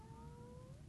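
A brief, under-one-second tonal whine that slowly rises in pitch over a low rumbling background, with a squeaky, drawn-out quality. This is an adult man's stomach growling (borborygmi), the ordinary sound of gas and fluid moving through the gut.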